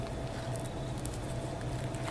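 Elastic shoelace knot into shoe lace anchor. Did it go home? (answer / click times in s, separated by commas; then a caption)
no / none. An elastic bungee shoelace is being pulled so its knot slides toward the plastic lace anchor on a shoe, with faint, brief handling sounds around 0.6, 1.1 and 2.0 seconds over a steady low hum and tone. The knot has not locked into the anchor yet, and nothing has seated or clicked.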